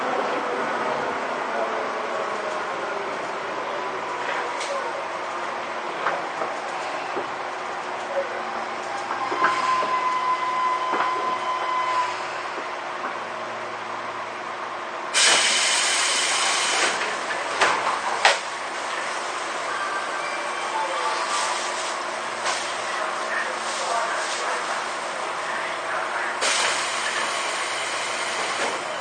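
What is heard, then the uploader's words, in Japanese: A Tobu 10000 series train runs between Asakusa and Kita-Senju, carrying a steady rumble with rhythmic clacks throughout. A thin whine rises around ten seconds, then a loud hiss bursts in near fifteen seconds and again toward the end, with faint voices underneath. 東武10000系 浅草ー北千住。浅草→北千住の区間の運転の列車を録音。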